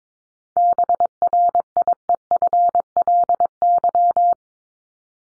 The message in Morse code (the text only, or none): BRIEFLY